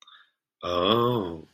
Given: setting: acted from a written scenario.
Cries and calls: vocal sound without words; realization

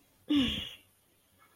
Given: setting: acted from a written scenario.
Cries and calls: vocal sound without words; embarrassment

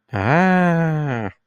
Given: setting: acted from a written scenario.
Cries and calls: vocal sound without words; awe

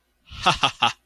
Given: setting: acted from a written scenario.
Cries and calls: vocal sound without words; amusement

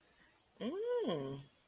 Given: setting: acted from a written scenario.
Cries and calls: vocal sound without words; romantic love

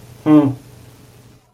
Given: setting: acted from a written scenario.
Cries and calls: vocal sound without words; neutral

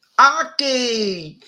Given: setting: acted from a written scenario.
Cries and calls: vocal sound without words; triumph

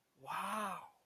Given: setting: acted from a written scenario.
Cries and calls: vocal sound without words; positive surprise

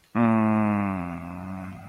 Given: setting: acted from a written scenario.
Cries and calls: vocal sound without words; desire

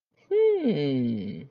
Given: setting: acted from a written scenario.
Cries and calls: vocal sound without words; interest

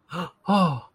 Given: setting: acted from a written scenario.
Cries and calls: vocal sound without words; realization

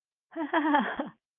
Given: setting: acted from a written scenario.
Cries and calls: vocal sound without words; amusement

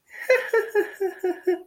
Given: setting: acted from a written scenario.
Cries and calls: vocal sound without words; amusement

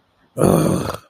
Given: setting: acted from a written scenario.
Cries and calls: vocal sound without words; disappointment

